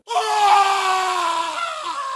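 A man lets out one loud, drawn-out scream of pain lasting about two seconds, strained and harsh, its pitch sagging slightly before it breaks off. No other sounds accompany it.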